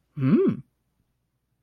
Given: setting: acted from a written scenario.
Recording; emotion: vocal sound without words; interest